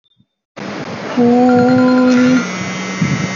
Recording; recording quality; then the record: sustained vowel as in boot; poor, much background noise or distortion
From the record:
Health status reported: healthy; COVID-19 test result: negative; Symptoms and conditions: cough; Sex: female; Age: 44 years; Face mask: not worn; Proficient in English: yes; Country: India